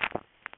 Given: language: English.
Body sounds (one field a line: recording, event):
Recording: throat vibration sensor signal played as sound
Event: swallow